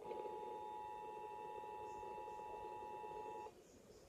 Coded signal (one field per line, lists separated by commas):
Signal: Emergency Alert System (SAME) tones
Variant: 853 and 960 Hz attention tone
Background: speech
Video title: How to self activate your NOAA Weather Radio.